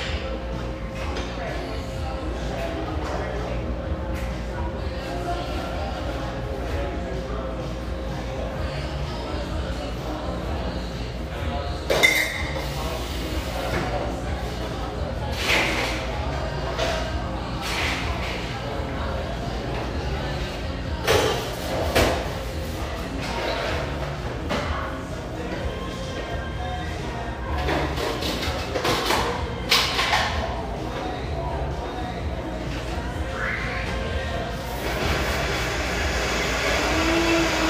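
Café background noise: a steady bed of overlapping chatter with a constant low hum underneath. Brief clinks and clatters break through now and then, around 12, 15–18, 21–23 and 28–30 seconds, with scattered soft thuds and shuffling throughout.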